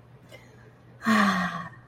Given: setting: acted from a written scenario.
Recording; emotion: vocal sound without words; contentment